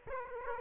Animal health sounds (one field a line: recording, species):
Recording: mosquito wingbeat signal from an infrared sensor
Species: Aedes aegypti